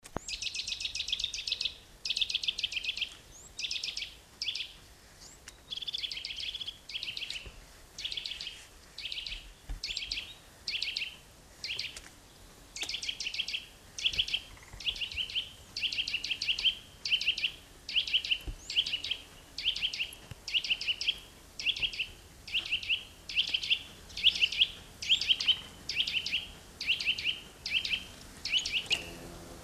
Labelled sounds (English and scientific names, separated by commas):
Eurasian Nuthatch (Sitta europaea) song